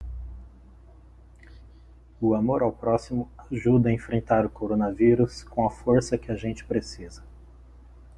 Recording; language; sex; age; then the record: spoken sentence; Brazilian Portuguese; male; 40 to 49 years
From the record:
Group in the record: control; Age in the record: 40 years